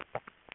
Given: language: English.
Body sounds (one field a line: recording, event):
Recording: throat vibration sensor signal played as sound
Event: swallow